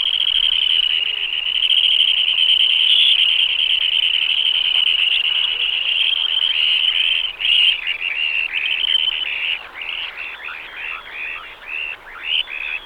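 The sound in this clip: Dunlin song: a long, high, continuous purring trill held steady for about seven seconds, then breaking into rapid, stuttering buzzy phrases.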